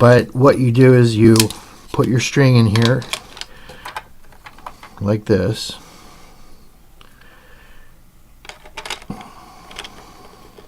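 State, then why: Not seated. Embroidery string is handled into a thread holder slot on a plastic i-Loom friendship-bracelet maker while someone talks, with short clicks and taps scattered through the second half. Nothing has seated or clicked into place yet; the clip ends just before the string goes home.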